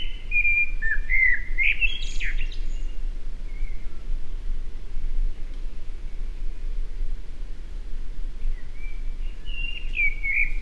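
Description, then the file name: Eurasian blackbird song with two mellow fluted phrases, the first finished with a thin high twitter. A long quiet gap separates them, with a constant low background hum. "Turdus merula"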